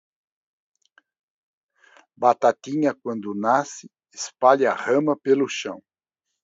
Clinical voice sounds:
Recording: short text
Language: Brazilian Portuguese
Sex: male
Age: 60 to 69 years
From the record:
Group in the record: control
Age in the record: 64 years

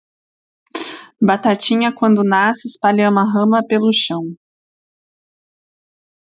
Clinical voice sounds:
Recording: short text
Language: Brazilian Portuguese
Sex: female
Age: 30 to 39 years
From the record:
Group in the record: control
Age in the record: 33 years

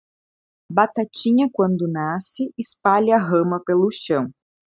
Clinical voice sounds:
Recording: short text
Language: Brazilian Portuguese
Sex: female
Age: 30 to 39 years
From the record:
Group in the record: control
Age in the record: 33 years

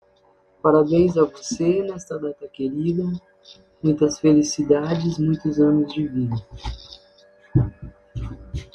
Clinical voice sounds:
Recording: short text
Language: Brazilian Portuguese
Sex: female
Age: 50 to 59 years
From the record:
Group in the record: control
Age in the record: 53 years

